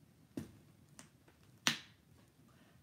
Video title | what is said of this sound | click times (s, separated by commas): Dooney and Bourke- #BucketListExperience Day 4 Purchases | that's a strong snap | 1.7 s